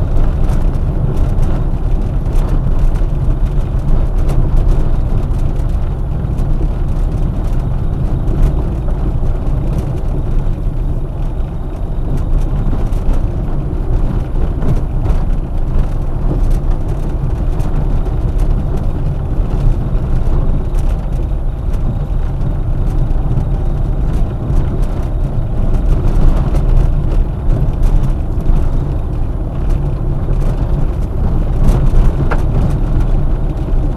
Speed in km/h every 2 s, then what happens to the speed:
24, 24, 24, 23, 20, 22, 22, 23, 23, 23, 24, 25, 25, 23, 23, 24, 26.
0-34 steady at about 23.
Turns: none.